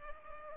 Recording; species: mosquito wingbeat signal from an infrared sensor; Culex pipiens